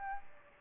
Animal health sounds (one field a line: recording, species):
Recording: mosquito wingbeat signal from an infrared sensor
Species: Aedes albopictus